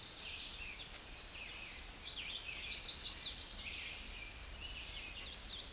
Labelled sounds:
American Redstart (Setophaga ruticilla) song
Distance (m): 20 m
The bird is about 5 m above the microphone
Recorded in a Pennsylvania forest on 16 May 2024 at 09:02
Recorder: AudioMoth, point MSD-0383
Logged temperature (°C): 15.3 °C
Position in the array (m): 101 m, 227 m

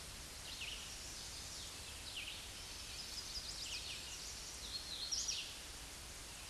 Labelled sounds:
Hooded Warbler (Setophaga citrina) song
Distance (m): 20 m
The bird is about 5 m above the microphone
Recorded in a Pennsylvania forest on 16 May 2024 at 07:55
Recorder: AudioMoth, point MSD-0079
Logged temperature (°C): 16.1 °C
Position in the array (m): 141 m, 89 m

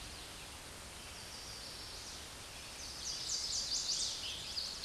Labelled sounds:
Chestnut-sided Warbler (Setophaga pensylvanica) song
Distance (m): 25 m
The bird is about level with the microphone
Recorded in a Pennsylvania forest on 16 May 2024 at 07:02
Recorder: AudioMoth, point MSD-1849
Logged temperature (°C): 12.1 °C
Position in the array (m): 12 m, 25 m

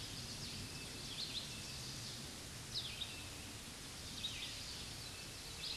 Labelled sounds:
Red-eyed Vireo (Vireo olivaceus) song
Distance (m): 50 m
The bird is about 10 m above the microphone
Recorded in a Pennsylvania forest on 16 May 2024 at 07:00
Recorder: AudioMoth, point MSD-0690
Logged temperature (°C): 16.0 °C
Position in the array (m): 171 m, 70 m

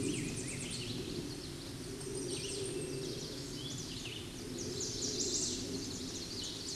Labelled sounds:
Red-eyed Vireo (Vireo olivaceus) song
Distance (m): 25 m
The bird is about 5 m above the microphone
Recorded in a Pennsylvania forest on 16 May 2024 at 09:00
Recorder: AudioMoth, point MSD-0475
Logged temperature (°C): 12.3 °C
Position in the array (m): 149 m, 26 m

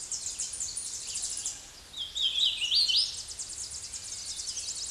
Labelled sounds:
Hooded Warbler (Setophaga citrina) song
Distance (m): 10 m
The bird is about 10 m above the microphone
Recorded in a Pennsylvania forest on 16 May 2024 at 08:01
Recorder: AudioMoth, point MSD-1411
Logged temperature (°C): 16.1 °C
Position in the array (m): 40 m, 181 m

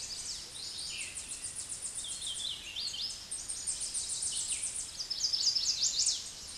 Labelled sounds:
Hooded Warbler (Setophaga citrina) song
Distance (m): 55 m
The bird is about 5 m above the microphone
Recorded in a Pennsylvania forest on 16 May 2024 at 09:42
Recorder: AudioMoth, point MSD-2478
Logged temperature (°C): 15.6 °C
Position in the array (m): 28 m, 148 m

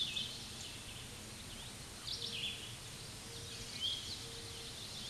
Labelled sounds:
Red-eyed Vireo (Vireo olivaceus) song
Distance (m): 15 m
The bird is about 5 m above the microphone
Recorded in a Pennsylvania forest on 16 May 2024 at 06:25
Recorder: AudioMoth, point MSD-2453
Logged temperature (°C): 16.3 °C
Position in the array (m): 199 m, 172 m

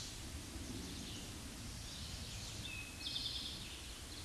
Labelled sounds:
Eastern Towhee (Pipilo erythrophthalmus) song
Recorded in a Pennsylvania forest on 16 May 2024 at 09:47
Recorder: AudioMoth, point MSD-2376
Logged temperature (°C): 16.7 °C
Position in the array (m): 108 m, 8 m

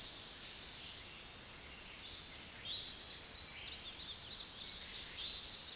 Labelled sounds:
American Redstart (Setophaga ruticilla) song
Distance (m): 60 m
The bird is about 10 m above the microphone
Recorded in a Pennsylvania forest on 16 May 2024 at 06:11
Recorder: AudioMoth, point MSD-2478
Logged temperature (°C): 15.6 °C
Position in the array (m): 103 m, 229 m

